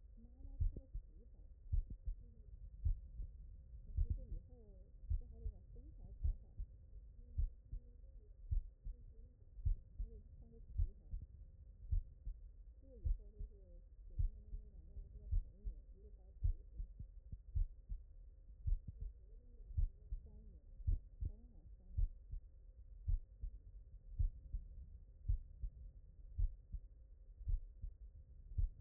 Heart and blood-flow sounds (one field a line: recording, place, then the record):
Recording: heart sounds by stethoscope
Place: mitral valve (MV)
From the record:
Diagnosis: non-HFrEF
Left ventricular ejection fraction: 70%